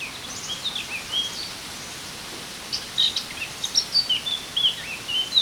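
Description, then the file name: Eurasian blackcap giving high twittering and whistled phrases, brief at first, then a quicker string of varied notes in the second half, with constant soft hiss behind. "Sylvia atricapilla"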